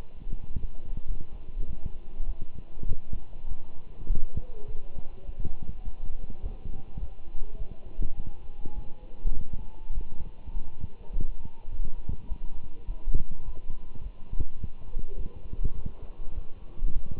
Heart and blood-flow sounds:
heart sounds by stethoscope; between the tricuspid and mitral areas; 102 bpm
0.48 s: heartbeat
1.07 s: heartbeat
1.67 s: heartbeat
2.28 s: heartbeat
2.88 s: heartbeat
3.48 s: heartbeat
4.09 s: heartbeat
4.67 s: heartbeat
5.26 s: heartbeat
5.85 s: heartbeat
6.42 s: heartbeat
7.00 s: heartbeat
7.59 s: heartbeat
8.17 s: heartbeat
8.75 s: heartbeat
9.35 s: heartbeat
9.94 s: heartbeat
10.54 s: heartbeat
11.13 s: heartbeat
11.71 s: heartbeat
12.29 s: heartbeat
12.87 s: heartbeat
13.45 s: heartbeat
14.03 s: heartbeat
14.61 s: heartbeat
15.18 s: heartbeat
15.76 s: heartbeat
16.34 s: heartbeat
16.94 s: heartbeat
From the record:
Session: walking at 3.7 km/h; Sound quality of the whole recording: good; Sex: male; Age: 24 years

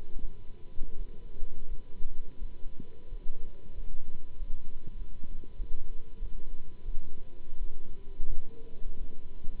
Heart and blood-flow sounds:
heart sounds by stethoscope; between the tricuspid and mitral areas; 89 bpm
0.19 s: heartbeat
0.95 s: heartbeat
1.67 s: heartbeat
2.38 s: heartbeat
3.07 s: heartbeat
3.73 s: heartbeat
4.36 s: heartbeat
4.96 s: heartbeat
5.56 s: heartbeat
6.18 s: heartbeat
6.84 s: heartbeat
7.57 s: heartbeat
8.27 s: heartbeat
8.97 s: heartbeat
From the record:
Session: Bruce protocol treadmill stress test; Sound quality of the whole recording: good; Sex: male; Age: 26 years

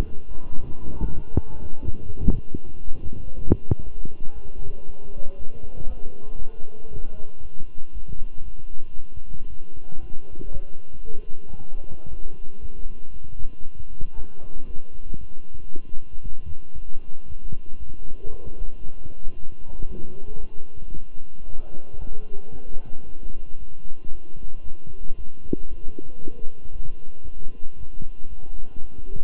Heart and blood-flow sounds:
heart sounds by stethoscope; between the tricuspid and mitral areas; 116 bpm
0.27 s: heartbeat
0.79 s: heartbeat
1.30 s: heartbeat
1.81 s: heartbeat
2.32 s: heartbeat
2.83 s: heartbeat
3.34 s: heartbeat
3.84 s: heartbeat
4.34 s: heartbeat
4.85 s: heartbeat
5.37 s: heartbeat
5.88 s: heartbeat
6.38 s: heartbeat
6.89 s: heartbeat
7.41 s: heartbeat
7.93 s: heartbeat
8.44 s: heartbeat
8.96 s: heartbeat
9.48 s: heartbeat
10.00 s: heartbeat
10.52 s: heartbeat
11.05 s: heartbeat
11.58 s: heartbeat
12.09 s: heartbeat
12.60 s: heartbeat
13.12 s: heartbeat
13.64 s: heartbeat
14.15 s: heartbeat
14.67 s: heartbeat
15.19 s: heartbeat
15.71 s: heartbeat
16.22 s: heartbeat
16.74 s: heartbeat
17.26 s: heartbeat
17.79 s: heartbeat
18.30 s: heartbeat
18.83 s: heartbeat
19.36 s: heartbeat
19.88 s: heartbeat
20.40 s: heartbeat
20.93 s: heartbeat
21.46 s: heartbeat
21.99 s: heartbeat
22.52 s: heartbeat
23.05 s: heartbeat
23.58 s: heartbeat
24.11 s: heartbeat
24.63 s: heartbeat
25.16 s: heartbeat
25.69 s: heartbeat
26.20 s: heartbeat
26.72 s: heartbeat
27.24 s: heartbeat
27.77 s: heartbeat
28.28 s: heartbeat
28.80 s: heartbeat
From the record:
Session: walking at 3.7 km/h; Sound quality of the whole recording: good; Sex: male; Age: 23 years

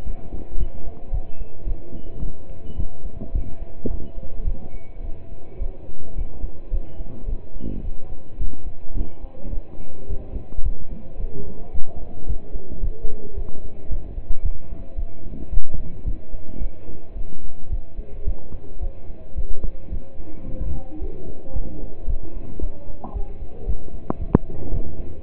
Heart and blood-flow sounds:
heart sounds by stethoscope; between the tricuspid and mitral areas; 109 bpm
0.06 s: heartbeat
0.59 s: heartbeat
1.13 s: heartbeat
1.67 s: heartbeat
2.22 s: heartbeat
2.78 s: heartbeat
3.34 s: heartbeat
3.90 s: heartbeat
4.46 s: heartbeat
5.04 s: heartbeat
5.61 s: heartbeat
6.17 s: heartbeat
6.73 s: heartbeat
7.28 s: heartbeat
7.84 s: heartbeat
8.40 s: heartbeat
8.96 s: heartbeat
9.53 s: heartbeat
10.09 s: heartbeat
10.64 s: heartbeat
11.20 s: heartbeat
11.74 s: heartbeat
12.28 s: heartbeat
12.83 s: heartbeat
13.37 s: heartbeat
13.91 s: heartbeat
14.44 s: heartbeat
14.98 s: heartbeat
15.52 s: heartbeat
16.06 s: heartbeat
16.61 s: heartbeat
17.16 s: heartbeat
17.71 s: heartbeat
18.27 s: heartbeat
18.82 s: heartbeat
19.37 s: heartbeat
19.92 s: heartbeat
20.47 s: heartbeat
21.01 s: heartbeat
21.55 s: heartbeat
22.09 s: heartbeat
22.62 s: heartbeat
23.15 s: heartbeat
23.68 s: heartbeat
24.20 s: heartbeat
24.73 s: heartbeat
From the record:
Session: pedaling a stationary bicycle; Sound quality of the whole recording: partially saturated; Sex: male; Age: 27 years

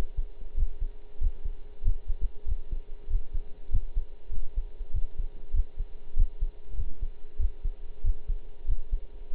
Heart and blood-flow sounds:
heart sounds by stethoscope; between the tricuspid and mitral areas; 96 bpm
0.56 s: heartbeat
1.20 s: heartbeat
1.83 s: heartbeat
2.46 s: heartbeat
3.09 s: heartbeat
3.71 s: heartbeat
4.31 s: heartbeat
4.92 s: heartbeat
5.52 s: heartbeat
6.15 s: heartbeat
6.76 s: heartbeat
7.38 s: heartbeat
8.03 s: heartbeat
8.67 s: heartbeat
9.32 s: heartbeat
From the record:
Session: pedaling a stationary bicycle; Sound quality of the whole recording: partially saturated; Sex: male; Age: 23 years

